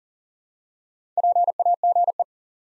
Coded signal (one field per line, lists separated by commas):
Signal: Morse code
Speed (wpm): 40 wpm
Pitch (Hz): 700 Hz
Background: none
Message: PAGE